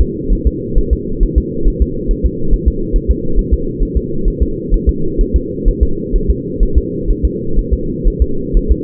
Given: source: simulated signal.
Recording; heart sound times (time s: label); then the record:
fetal heart sounds
0.01 s: S2
0.33 s: S1
0.47 s: S2
0.78 s: S1
0.93 s: S2
1.23 s: S1
1.38 s: S2
1.68 s: S1
1.82 s: S2
2.11 s: S1
2.26 s: S2
2.53 s: S1
2.68 s: S2
2.96 s: S1
3.11 s: S2
3.39 s: S1
3.53 s: S2
3.83 s: S1
3.97 s: S2
4.28 s: S1
4.43 s: S2
4.74 s: S1
4.89 s: S2
5.21 s: S1
5.36 s: S2
5.68 s: S1
5.83 s: S2
6.16 s: S1
6.30 s: S2
6.63 s: S1
6.78 s: S2
7.10 s: S1
7.25 s: S2
7.59 s: S1
7.74 s: S2
8.07 s: S1
8.22 s: S2
8.57 s: S1
8.72 s: S2
From the record:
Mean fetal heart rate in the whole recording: 130 bpm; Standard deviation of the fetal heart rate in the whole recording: 4 bpm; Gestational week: 38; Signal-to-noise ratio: -8.1 dB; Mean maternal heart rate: 72 bpm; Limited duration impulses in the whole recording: absent